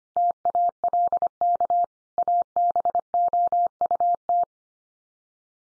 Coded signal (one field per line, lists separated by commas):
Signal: Morse code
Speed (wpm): 25 wpm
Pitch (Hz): 700 Hz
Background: none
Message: TALK ABOUT